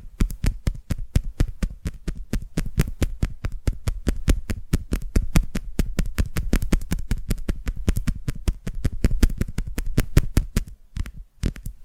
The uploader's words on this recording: ASMR Tapping Through Your Brain Invisible + 3D Triggers (No Talking).